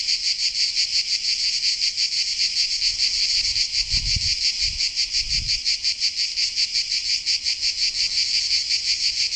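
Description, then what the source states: Cicadas singing, a loud continuous shrill buzz pulsing rapidly and steadily throughout, with a few soft low thumps in the middle. Cicadas recorded in Sardinia.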